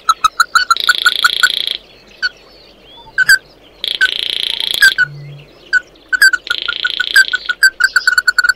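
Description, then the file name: Bird calls: clipped notes repeated in quick runs, broken by three long buzzy, hissing bursts, with scattered higher clicks between them. "Tieng chim mat do"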